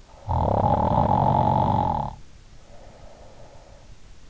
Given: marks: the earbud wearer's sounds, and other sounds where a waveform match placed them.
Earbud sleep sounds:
sounds in sleep by an in-ear microphone; snoring breath
0.13-3.90 s: snoring breath

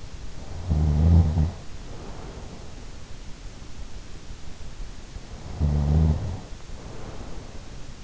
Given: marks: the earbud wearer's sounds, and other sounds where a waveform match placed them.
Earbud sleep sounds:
sounds in sleep by an in-ear microphone; snoring breath
0.41-3.07 s: snoring breath
5.37-8.04 s: snoring breath

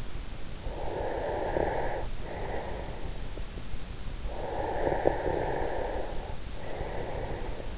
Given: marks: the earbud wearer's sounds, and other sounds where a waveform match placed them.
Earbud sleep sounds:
sounds in sleep by an in-ear microphone; breath
0.59-3.51 s: breath
4.00-7.78 s: breath

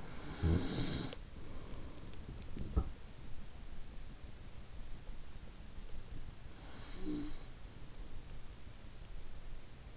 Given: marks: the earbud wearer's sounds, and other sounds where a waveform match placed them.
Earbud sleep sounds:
sounds in sleep by an in-ear microphone; snoring breath
0.00-2.55 s: snoring breath
6.26-8.47 s: snoring breath

